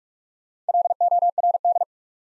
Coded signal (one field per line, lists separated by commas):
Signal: Morse code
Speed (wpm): 47 wpm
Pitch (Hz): 700 Hz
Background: none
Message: LORD